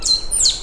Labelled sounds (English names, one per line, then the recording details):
Stitchbird song
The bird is a male
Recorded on Tiritiri Matangi Island, New Zealand, in 2005
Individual 3, of nest box 3